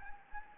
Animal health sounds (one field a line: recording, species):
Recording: mosquito wingbeat signal from an infrared sensor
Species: Anopheles gambiae